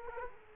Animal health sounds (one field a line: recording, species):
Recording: mosquito wingbeat signal from an infrared sensor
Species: Culex quinquefasciatus